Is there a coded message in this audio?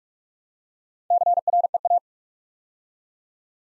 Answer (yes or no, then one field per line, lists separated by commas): yes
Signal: Morse code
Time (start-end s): 1.1-2.0 s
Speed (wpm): 44 wpm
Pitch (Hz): 700 Hz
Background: none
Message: CREA